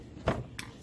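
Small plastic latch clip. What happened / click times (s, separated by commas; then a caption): The drawer clip released / 0.3 s, 0.6 s. A small drawer release clip on the inner top drawer of a kitchen drawer unit is pushed down, unlatching the top drawer so it can be removed and the bottom drawer used for stacking. Two short, sharp clicks are heard at 0.3 s and 0.6 s: the first has a fuller low body, the second is brighter and higher. The clip releases the drawer.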